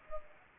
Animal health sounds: mosquito wingbeat signal from an infrared sensor; Culex pipiens

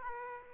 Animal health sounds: mosquito wingbeat signal from an infrared sensor; Aedes aegypti

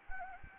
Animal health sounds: mosquito wingbeat signal from an infrared sensor; Anopheles gambiae

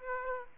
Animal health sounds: mosquito wingbeat signal from an infrared sensor; Aedes aegypti

